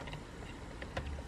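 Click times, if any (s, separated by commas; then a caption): 0.8 s, 1.0 s. A plastic steering-wheel-control connector on the radio harness for a Cidava Tesla-style 13-inch touchscreen is pushed into the clock spring connector under the steering column of a 2014–2018 Chevy Silverado/GMC Sierra. Over a steady low background, two sharp clicks sound at 0.8 s and 1.0 s as it seats.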